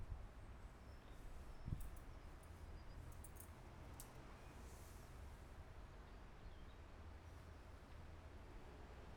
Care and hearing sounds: everyday scene through a hearing-aid microphone; wind on the microphone; gentle breeze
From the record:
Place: parking lot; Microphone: behind the ear, left, front

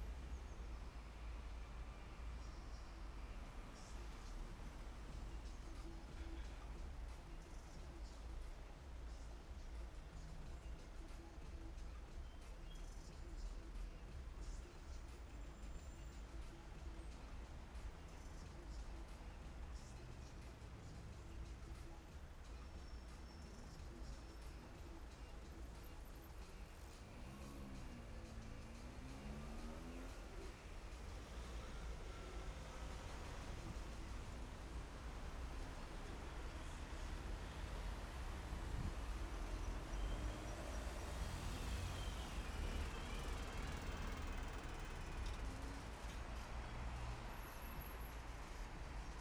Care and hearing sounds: everyday scene through a hearing-aid microphone; in traffic; traffic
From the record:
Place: main city hub, rush hour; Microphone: behind the ear, left, front

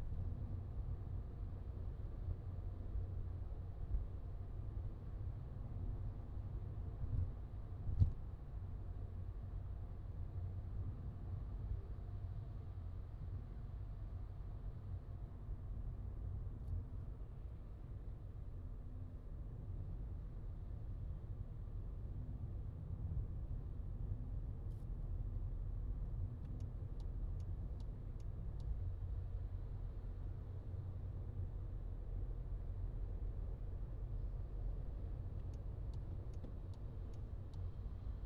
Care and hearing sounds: everyday scene through a hearing-aid microphone; in a vehicle; engine, traffic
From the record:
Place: Skoda Fabia, gasoline engine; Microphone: in the ear canal, left

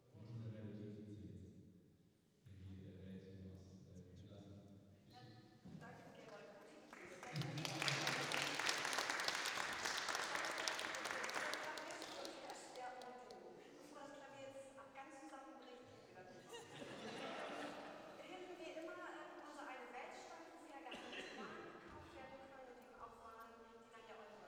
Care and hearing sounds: everyday scene through a hearing-aid microphone; reverberant space; speech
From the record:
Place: church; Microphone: in the ear canal, right

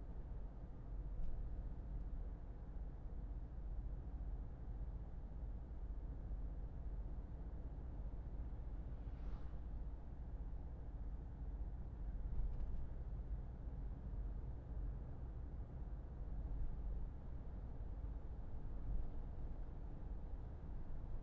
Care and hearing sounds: everyday scene through a hearing-aid microphone; in a vehicle; engine, traffic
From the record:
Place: Berlingo II, diesel engine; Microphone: behind the ear, left, rear

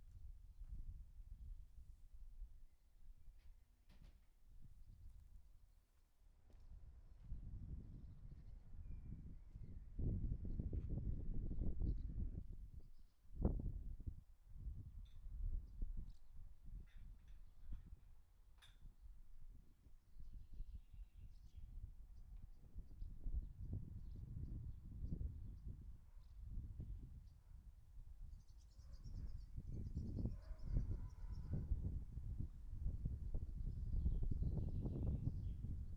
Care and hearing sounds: everyday scene through a hearing-aid microphone; wind on the microphone; wind, other noises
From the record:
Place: in front of a rural house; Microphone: behind the ear, right, rear

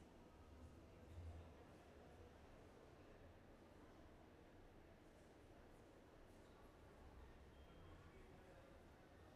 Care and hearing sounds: everyday scene through a hearing-aid microphone; reverberant space; background noise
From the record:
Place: railway station hall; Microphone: behind the ear, left, front

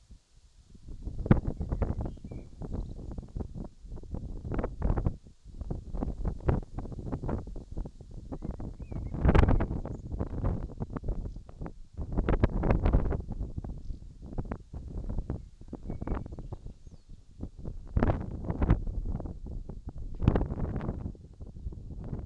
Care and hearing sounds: everyday scene through a hearing-aid microphone; wind on the microphone; wind, whistling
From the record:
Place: in front of a rural house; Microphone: in the ear canal, left

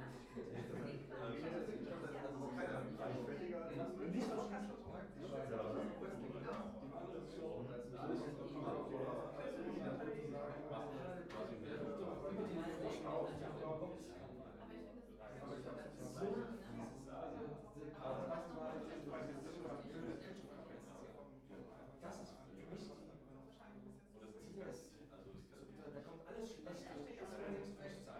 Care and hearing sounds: everyday scene through a hearing-aid microphone; many people talking; many voices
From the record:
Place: bistro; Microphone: behind the ear, right, front

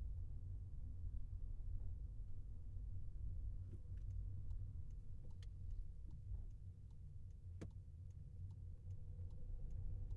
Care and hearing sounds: everyday scene through a hearing-aid microphone; in a vehicle; engine, highway traffic jam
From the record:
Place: Skoda Fabia, gasoline engine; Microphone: behind the ear, left, rear

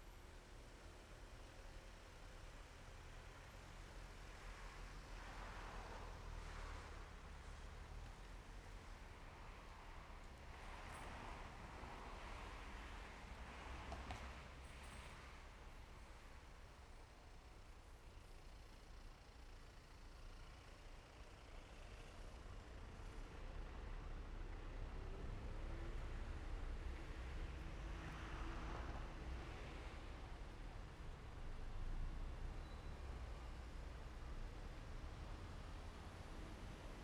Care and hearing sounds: everyday scene through a hearing-aid microphone; in traffic; traffic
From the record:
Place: main road on the outskirts, rush hour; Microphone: behind the ear, left, rear

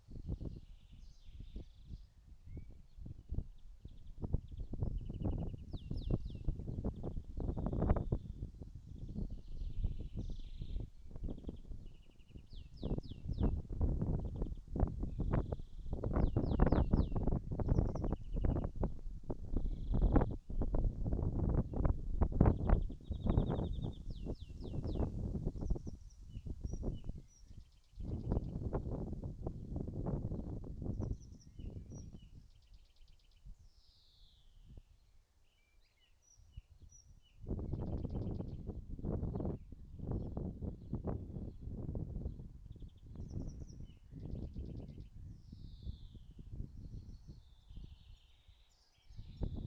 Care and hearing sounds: everyday scene through a hearing-aid microphone; wind on the microphone; wind, birds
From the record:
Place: in front of a rural house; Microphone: in the ear canal, right

